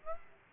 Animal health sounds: mosquito wingbeat signal from an infrared sensor; Aedes aegypti

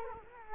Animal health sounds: mosquito wingbeat signal from an infrared sensor; Culex quinquefasciatus

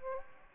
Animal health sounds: mosquito wingbeat signal from an infrared sensor; Aedes aegypti

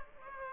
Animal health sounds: mosquito wingbeat signal from an infrared sensor; Aedes aegypti

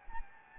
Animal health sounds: mosquito wingbeat signal from an infrared sensor; Anopheles gambiae

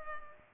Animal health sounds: mosquito wingbeat signal from an infrared sensor; Culex pipiens

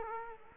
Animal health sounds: mosquito wingbeat signal from an infrared sensor; Culex quinquefasciatus

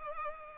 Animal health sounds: mosquito wingbeat signal from an infrared sensor; Culex pipiens

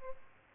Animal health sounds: mosquito wingbeat signal from an infrared sensor; Culex pipiens

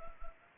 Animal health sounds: mosquito wingbeat signal from an infrared sensor; Anopheles gambiae

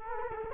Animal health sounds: mosquito wingbeat signal from an infrared sensor; Culex quinquefasciatus

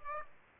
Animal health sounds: mosquito wingbeat signal from an infrared sensor; Aedes aegypti

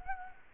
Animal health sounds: mosquito wingbeat signal from an infrared sensor; Culex quinquefasciatus

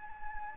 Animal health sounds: mosquito wingbeat signal from an infrared sensor; Anopheles gambiae

